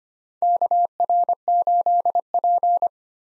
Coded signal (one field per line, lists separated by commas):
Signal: Morse code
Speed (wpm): 25 wpm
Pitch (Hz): 700 Hz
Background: none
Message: KR8P